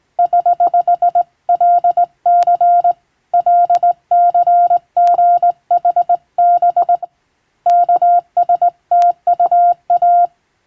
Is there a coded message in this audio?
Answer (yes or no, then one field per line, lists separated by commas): yes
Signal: Morse code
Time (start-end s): 0.2-10.3 s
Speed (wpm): 20 wpm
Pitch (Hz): 700 Hz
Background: none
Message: <HH>LC LCGHB KSTUA